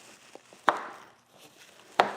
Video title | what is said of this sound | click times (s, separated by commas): 2014-2018 Silverado LED Headlight Bulb Upgrade DIY - Worth it? Morimoto Install and Review | nice solid clicks. And you pop these covers off. | 0.7 s, 2.0 s